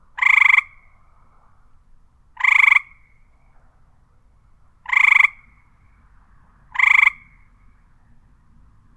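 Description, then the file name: Frog giving several brief rasping croaks with near silence between them. "Frog Croak Ambient"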